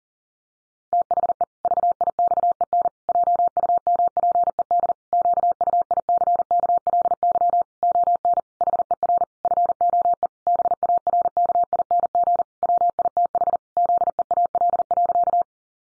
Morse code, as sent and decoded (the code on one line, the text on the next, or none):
- .... . / ...- .. -..- . -. / .--- ..- -- .--. . -.. / --.- ..- .. -.-. -.- .-.. -.-- / --- -. / .... . .-. / ..-. --- . / -... .- .-. -.- .. -. --. / .-- .. - .... / --.. . .- .-.. .-.-.-
THE VIXEN JUMPED QUICKLY ON HER FOE BARKING WITH ZEAL.